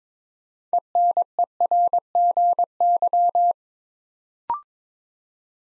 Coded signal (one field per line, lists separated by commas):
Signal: Morse code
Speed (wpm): 22 wpm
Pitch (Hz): 700 Hz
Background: none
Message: ENERGY